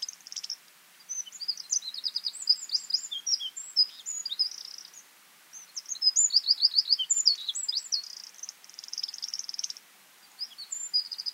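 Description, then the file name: Eurasian wren song: long bursts of shrill, rapid notes and rattling trills, two extended strophes separated by short silences. "Troglodytes troglodytes"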